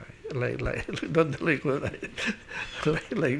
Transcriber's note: he laughs